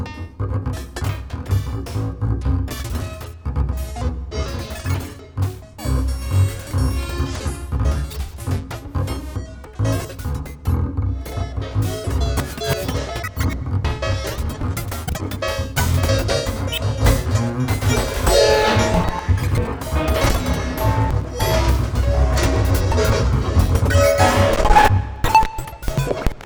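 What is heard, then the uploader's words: A rotating megaphone array sounds out a dense, loud mix for the whole stretch, with a heavy low rumble and steady mid-pitched tones underneath. Frequent sharp crackles and bursts cut in irregularly, growing brighter and busier after about fifteen seconds, with a brief whistle near the end. Rotating megaphone array.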